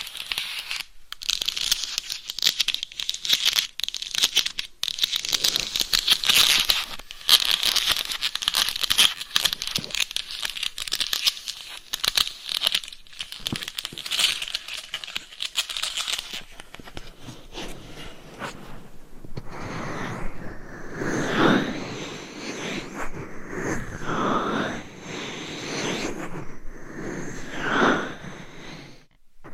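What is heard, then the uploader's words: Scratching and tapping on a dummy head mic cover: dense crinkly scraping for sixteen seconds, a pause, then softer rhythmic rubbing strokes. ASMR Binaural Dummy Head Mic Scratching & Tapping on DIY Mic Cover.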